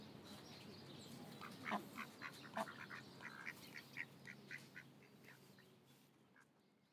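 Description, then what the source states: Duck calls, a short series of nasal quacks that fade away toward the end. Ducks at Lagoa das Furnas; binaural.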